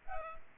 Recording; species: mosquito wingbeat signal from an infrared sensor; Culex pipiens